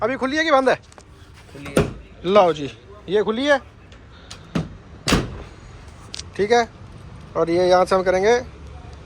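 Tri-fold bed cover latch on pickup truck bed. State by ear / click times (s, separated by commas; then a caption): not seated / none. A latch on a tri-fold bed cover fitted to a pickup truck bed is handled while someone talks, with brief knocks and clacks around 3.9–5.1 seconds and a sharp tick near 6.1 seconds. The cover is only being handled, and nothing has seated or clicked home yet.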